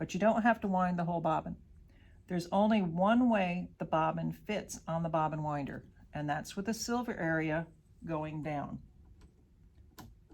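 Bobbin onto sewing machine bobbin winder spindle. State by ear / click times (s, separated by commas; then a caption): seated / 10.0 s. Someone talks while a metal bobbin, silver side down, is pushed onto the bobbin winder pin of a Bernina sewing machine, the only way it fits. A short sharp click at 10.0 s marks the bobbin seating on the winder spindle.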